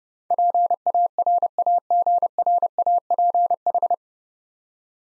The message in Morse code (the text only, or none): PARAGRAPH